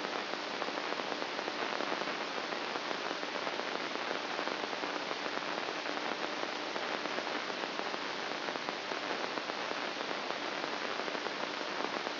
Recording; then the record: brain microelectrode recording played as sound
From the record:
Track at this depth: inside the subthalamic nucleus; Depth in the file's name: 8.137 mm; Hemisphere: left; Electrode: 2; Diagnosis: Parkinson's disease